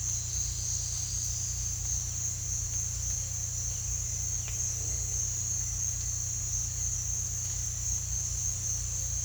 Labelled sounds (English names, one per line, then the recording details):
none
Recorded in dense forest near Puerto Asís, Putumayo, Colombia, on 18 December 2024 at 07:30
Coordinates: 0.467, -76.328
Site GP05